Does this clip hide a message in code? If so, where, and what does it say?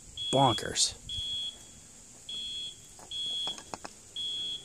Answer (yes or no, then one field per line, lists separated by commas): no